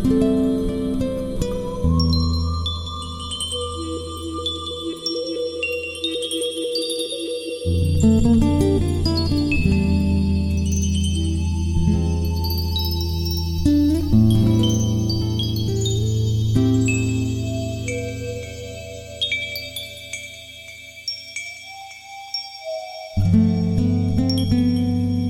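Synthesized pads hold long, steady low chords that shift every few seconds, with a deep swell entering near eight seconds and dropping out around twenty-three. Bright wind bells tinkle and ring throughout above them, with sustained high tones drifting in and out.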